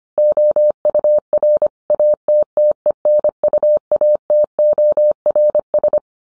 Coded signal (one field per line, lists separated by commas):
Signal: Morse code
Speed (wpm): 25 wpm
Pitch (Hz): 600 Hz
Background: none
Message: OUR ATTENUATORS